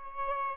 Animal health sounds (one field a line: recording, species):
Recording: mosquito wingbeat signal from an infrared sensor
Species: Aedes albopictus